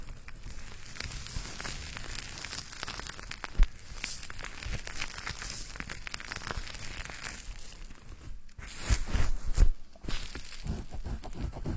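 Hair being washed, with fingers scratching through a head of foam. Dense, soft crackling and crinkling runs steadily throughout, with a sharp pop near four seconds. A brief pause comes just before nine seconds, followed by a louder, busier burst of scratching that fades around ten seconds.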